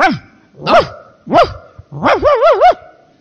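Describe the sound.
A person imitates a dog barking: three loud, separate woofs with rising-falling pitch, followed by a longer, wavering howl-like bark, with no other talking.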